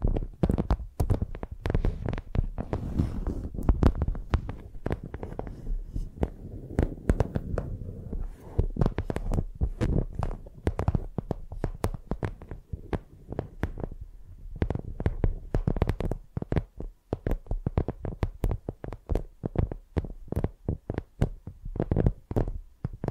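A microphone is used like a pencil, dragged and tapped so it gives a dense run of sharp clicks, scrapes and dull low thumps. The strokes come fast and unevenly for the whole stretch, heaviest and most rumbling in the first eight seconds, with brief lulls later.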